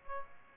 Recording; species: mosquito wingbeat signal from an infrared sensor; Aedes aegypti